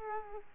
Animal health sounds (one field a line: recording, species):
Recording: mosquito wingbeat signal from an infrared sensor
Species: Aedes aegypti